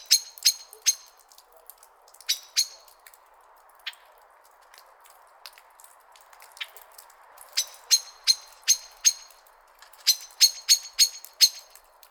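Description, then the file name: Common blackbird calls: sharp metallic chinks, mostly in quick bursts, separated by pauses. "Turdus merula"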